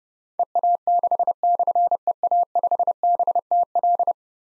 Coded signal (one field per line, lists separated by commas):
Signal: Morse code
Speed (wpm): 30 wpm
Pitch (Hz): 700 Hz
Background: none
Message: EA6/EA5BTL